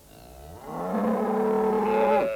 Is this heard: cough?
no